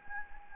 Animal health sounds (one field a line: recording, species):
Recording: mosquito wingbeat signal from an infrared sensor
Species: Anopheles gambiae